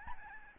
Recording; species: mosquito wingbeat signal from an infrared sensor; Aedes albopictus